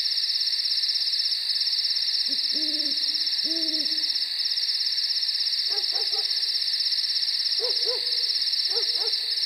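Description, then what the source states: Owl calls, two wavering hoots then several quick short hoots in pairs, with a steady shrill cricket chorus throughout. Night nature recording with crickets.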